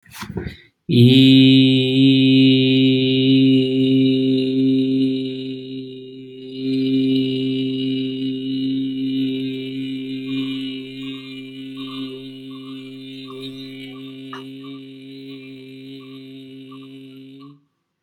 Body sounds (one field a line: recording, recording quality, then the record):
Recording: sustained vowel as in beet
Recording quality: excellent, no background noise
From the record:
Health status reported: healthy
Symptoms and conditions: none ticked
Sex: male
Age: 37 years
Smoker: yes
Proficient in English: yes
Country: India